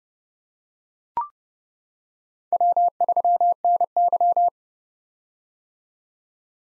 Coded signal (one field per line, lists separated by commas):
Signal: Morse code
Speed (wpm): 32 wpm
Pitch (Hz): 700 Hz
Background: none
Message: W3NY